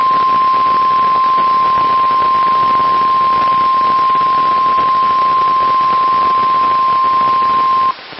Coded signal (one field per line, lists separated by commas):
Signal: Emergency Alert System (SAME) tones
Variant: 1050 Hz attention tone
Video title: KEC57 Required Weekly Test (EAS #748) 8/16/23